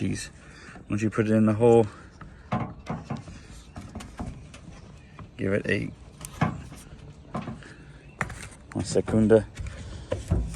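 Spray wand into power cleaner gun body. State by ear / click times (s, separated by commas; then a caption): seated / 8.2 s. A spray wand is pushed into the socket on the gun body of a Kobalt 40V 600 PSI cordless power cleaner and twisted until it locks into place. Someone talks. Among light handling knocks, a sharp, loud click at 8.2 s marks the wand seating.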